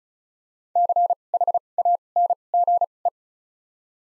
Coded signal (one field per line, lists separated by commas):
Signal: Morse code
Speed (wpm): 36 wpm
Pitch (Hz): 700 Hz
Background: none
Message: CHANGE